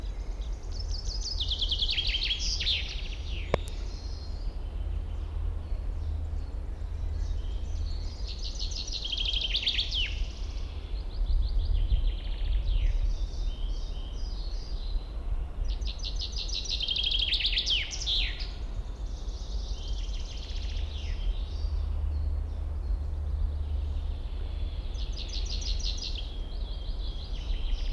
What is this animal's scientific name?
Fringilla coelebs